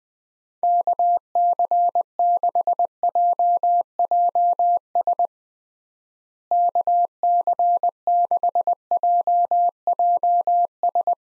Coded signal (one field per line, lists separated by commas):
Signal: Morse code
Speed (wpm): 21 wpm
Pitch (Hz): 700 Hz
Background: none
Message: KC6JJS KC6JJS